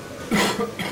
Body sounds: coughing mixed with background sound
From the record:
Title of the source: Man Coughing Sound - Wet Cough Sound Effect

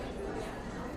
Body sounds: background sound without coughing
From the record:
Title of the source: 60 minutes of coffee shop sounds for study and concentration

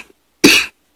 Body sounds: coughing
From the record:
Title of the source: 64 coughing, allergies, singing lungs

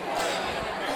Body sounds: coughing mixed with background sound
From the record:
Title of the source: Spring Allergy Coughing

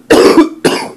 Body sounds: coughing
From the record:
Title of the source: Coughing 77

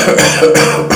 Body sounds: coughing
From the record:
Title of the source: Wet Throat Infection Cough

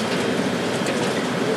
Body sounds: background sound without coughing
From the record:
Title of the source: Office Sounds Ambience - Background Noise for Study and Work

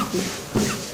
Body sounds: coughing mixed with background sound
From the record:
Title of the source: Mid-morning Winter Coughing Fit

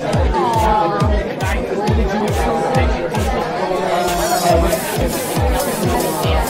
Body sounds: background sound without coughing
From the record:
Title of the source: Nightlife Party Simulating Party Club Noise 1 Hour

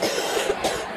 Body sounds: coughing mixed with background sound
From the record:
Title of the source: 60 coughing still (deep and wet cough)

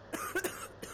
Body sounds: coughing mixed with background sound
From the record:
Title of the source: 30 Chesty and wet cough

